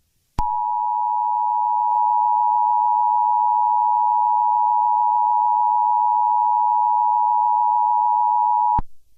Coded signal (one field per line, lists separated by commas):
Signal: Emergency Alert System (SAME) tones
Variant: 853 and 960 Hz attention tone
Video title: Mario EAS Scenario: Dark Moon